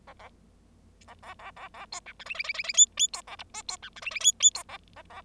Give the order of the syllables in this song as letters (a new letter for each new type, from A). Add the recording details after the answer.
A A A A A A A B C D E E E E E F F B A G H B C D E E F F B A A A. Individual Bird0